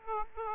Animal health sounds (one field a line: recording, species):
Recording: mosquito wingbeat signal from an infrared sensor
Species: Aedes aegypti